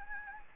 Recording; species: mosquito wingbeat signal from an infrared sensor; Anopheles gambiae